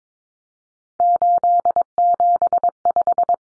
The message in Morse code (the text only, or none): 875